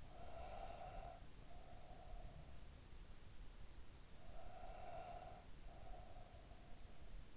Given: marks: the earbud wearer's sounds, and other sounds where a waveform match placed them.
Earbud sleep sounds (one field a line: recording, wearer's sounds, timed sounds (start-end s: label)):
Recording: sounds in sleep by an in-ear microphone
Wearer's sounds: breath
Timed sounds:
0.00-3.04 s: breath
3.89-7.37 s: breath